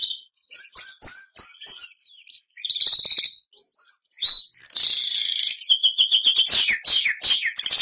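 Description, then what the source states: Canary (Bernois): canary song starting with clipped repeated chirps, then warbled phrases building into a louder buzzy run of fast rolling notes. Bernois breed canary.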